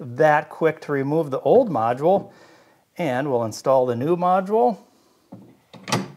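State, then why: Seated. Someone talks while the old module is removed from an xTool S1 laser cutter, then a new IR laser module is lowered onto the laser head carriage. Magnets pull the module home onto its magnetic mount with a firm thunk at 5.9 s and 5.9 s, and it is seated in place.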